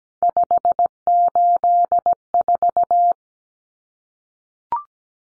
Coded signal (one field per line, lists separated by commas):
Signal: Morse code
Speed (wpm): 17 wpm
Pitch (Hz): 700 Hz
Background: none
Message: 584